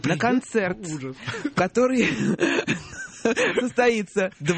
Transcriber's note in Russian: смеется